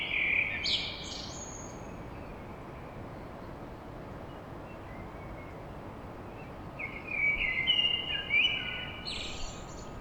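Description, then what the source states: Common blackbird song: a rich mellow phrase with a high squeaky flourish, a long pause, then a longer warbling phrase ending in thin high notes, over hissy background. Blackbird song at dawn in Paris.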